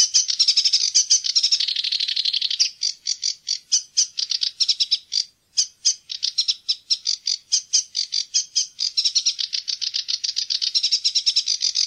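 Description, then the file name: Sedge warbler song, a fast, continuous chattering stream of dry, scratchy notes, briefly broken by a pause midway, then resuming with rapid repeated rasping phrases. "sivsanger"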